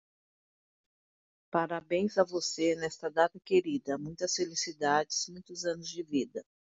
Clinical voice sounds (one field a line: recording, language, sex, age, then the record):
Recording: short text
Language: Brazilian Portuguese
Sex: female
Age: 60 to 69 years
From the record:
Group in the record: control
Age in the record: 60 years